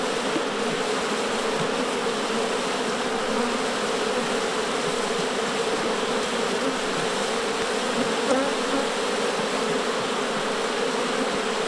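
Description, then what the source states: Honey bees producing a continuous, even, massed buzzing drone throughout, with no pauses. Angry bees at a beehive.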